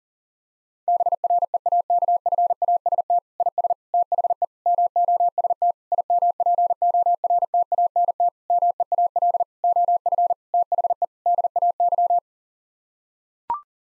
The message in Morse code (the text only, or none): BREAKFAST IS THE MOST IMPORTANT MEAL OF THE DAY